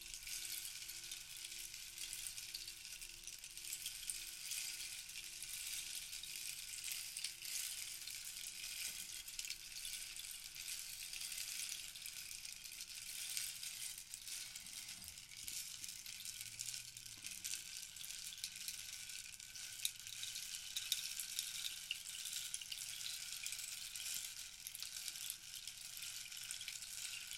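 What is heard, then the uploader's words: A rainstick pours out a dense, steady patter of tiny bright rattles that runs the whole length without a break. Beneath it, a faint ringing tone from a small bowl hangs on through the first half, then fades away. Short bowl dinging and Rainstick.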